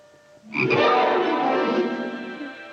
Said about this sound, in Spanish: Una rana, qué linda. Hola, hermana rana, ¿qué tal estás? ¿Tienes hipo? A ver, tengo hipo, tengo hipo. Es que habla nomás cuando está en el agua.